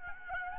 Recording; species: mosquito wingbeat signal from an infrared sensor; Aedes albopictus